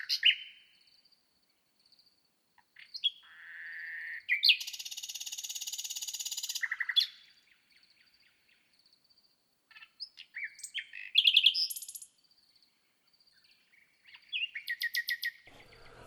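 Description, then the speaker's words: Common Nightingale song of varied phrases: sharp whistles, a long loud churring rattle, rapid repeated notes, and a steady thin high tone running beneath. Recorded in the 2018 season over a three-hour recording session of a single nightingale. "ça sera le Rossignol 2018. C'est-à-dire que chaque année, je me, enfin, je me force pas parce que c'est un plaisir et c'est une joie de le faire, d'enregistrer au mieux un rossignol dans la saison."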